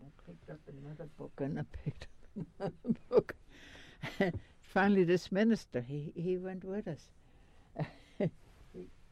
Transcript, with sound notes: And I picked up another book and I picked up another book (she laughs) and finally this minister, he went with us. He